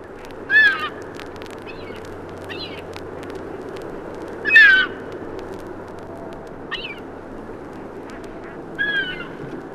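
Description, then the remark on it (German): Two herring gulls chasing a passing buzzard give harsh, strident calls in a few separated bursts over a steady low rumble, with fainter clipped cries in between; no talking. “Hier verfolgen zwei Vögel einen vorüberziehenden Bussard.”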